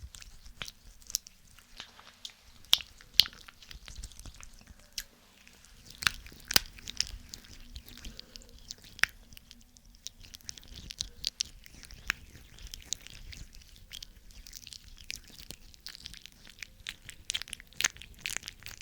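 Ear cleaning with a fluffy ear pick alongside massage: irregular crackling scratches and sharp little clicks come in quick clusters, fading to quieter soft rustling in places. A low, steady hum sits underneath the whole time.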